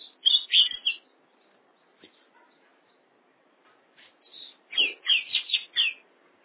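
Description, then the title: Oriental magpie-robin song: two bursts of loud, rich whistled and scratchy phrases, about a second each, separated by a quiet pause with a few soft notes. "Kacer"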